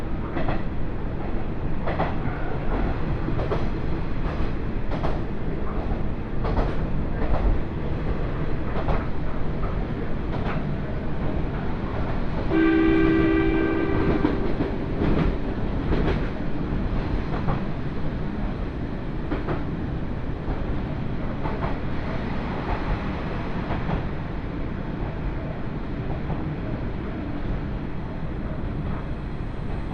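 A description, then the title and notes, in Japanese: A rapid train ride heard from inside the carriage: a dense, steady low rumble fills all thirty seconds, with occasional rail clicks. Around 12 to 14 seconds a clear, sustained tone, likely a horn or whistle, rings out over the running noise. 耳で楽しむ鉄道旅 関東鉄道常総線 快速 下館→守谷。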